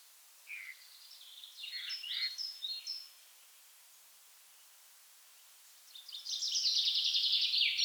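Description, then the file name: Common chaffinch song: an opening run of sharp notes, a pause, then a loud, fast rattling trill. "Fringilla coelebs"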